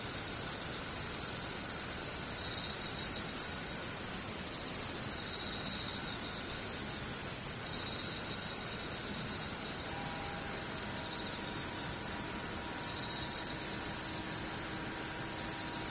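Insects trill without pause, a dense, high, shimmering chorus that stays steady throughout, with faint lower tones joining after about ten seconds.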